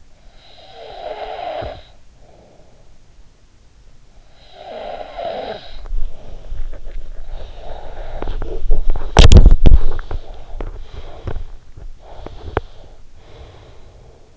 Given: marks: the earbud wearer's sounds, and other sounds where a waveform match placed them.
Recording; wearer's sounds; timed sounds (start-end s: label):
sounds in sleep by an in-ear microphone; snoring breath, teeth grinding, breath
0.00-3.03 s: snoring breath
3.94-5.97 s: snoring breath
7.83-12.89 s: teeth grinding
11.89-14.37 s: breath